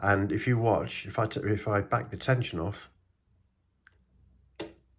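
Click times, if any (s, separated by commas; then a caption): 4.6 s. Someone talks for about the first three seconds, then backs the tension off a pin stack in an Avocet ABS Master euro cylinder lock. After a faint tick near 3.9 s, a sharp click at 4.6 s marks the set pin letting go and dropping back as the tension is released.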